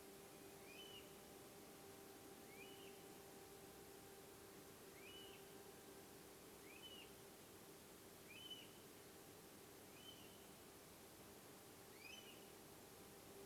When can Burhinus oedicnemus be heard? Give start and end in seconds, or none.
0.50-1.08, 2.44-2.97, 4.89-5.42, 6.61-7.08, 8.22-8.69, 9.84-10.35, 11.90-12.41